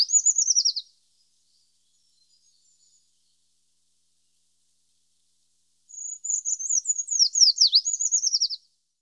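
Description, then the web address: Eurasian treecreeper singing high, thin phrases of rapid notes that waver and drop in pitch toward the end; a phrase ends at the start, another follows after five seconds of silence. "IVN Zangvogels. Taigaboomkruiper"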